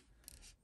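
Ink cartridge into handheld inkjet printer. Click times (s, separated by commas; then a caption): 0.3 s. An ink cartridge is slid into the slot of a WELCZEK WK-01 portable handheld inkjet printer and given a firm push. A brief rubbing, sliding sound leads into a sharp snap at 0.3 s. The cartridge snaps into place so the print head lines up with the slot.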